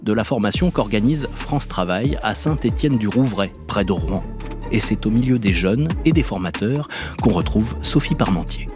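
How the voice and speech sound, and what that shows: An adult man speaks French fluently and clearly at a steady broadcast pace, introducing a report. This is ordinary speech.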